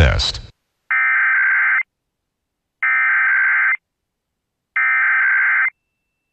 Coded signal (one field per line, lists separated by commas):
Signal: Emergency Alert System (SAME) tones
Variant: header bursts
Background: speech